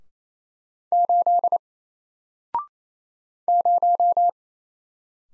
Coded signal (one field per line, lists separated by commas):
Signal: Morse code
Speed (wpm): 27 wpm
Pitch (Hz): 700 Hz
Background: none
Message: 8 0